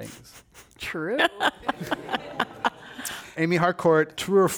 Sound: laughter